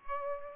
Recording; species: mosquito wingbeat signal from an infrared sensor; Aedes aegypti